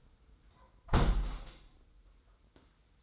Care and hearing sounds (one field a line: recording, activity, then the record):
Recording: daily activity, microphone in the room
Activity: close window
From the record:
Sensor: 3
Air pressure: 990.2 hPa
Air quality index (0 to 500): 189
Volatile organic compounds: 1000 ppm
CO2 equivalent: 6163 ppm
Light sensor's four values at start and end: 32/76/30/29 and 32/76/31/29